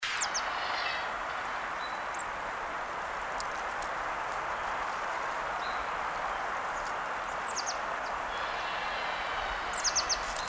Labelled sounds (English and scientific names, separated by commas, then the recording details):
Marsh Tit (Poecile palustris) song
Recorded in the wild
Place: Oberstdorf, Bayern, DE
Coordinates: 47.4208, 10.2464
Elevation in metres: 886
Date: 1979-04-10
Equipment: Uher 4000 Report
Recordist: Tretzel, Erwin
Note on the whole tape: Oberstdorf-Tiefenbach: Gesang "zicka zicka"